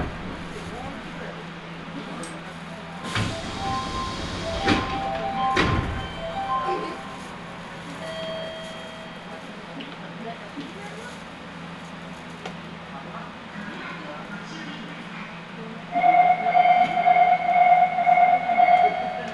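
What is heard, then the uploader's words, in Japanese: Nagoya subway Sakura-dori Line ride: steady low rumble, a loud clatter burst near 3–6 seconds, then a rapid repeating chime from 16 seconds. 名古屋市営地下鉄桜通線 太閤通→徳重。桜通線の太閤通から徳重までの全区間を乗った時のものです。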